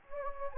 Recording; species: mosquito wingbeat signal from an infrared sensor; Anopheles gambiae